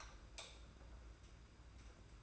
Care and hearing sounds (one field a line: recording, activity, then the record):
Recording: daily activity, microphone in the room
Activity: light off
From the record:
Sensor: 2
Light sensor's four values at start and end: 15/38/15/15 and 11/27/11/11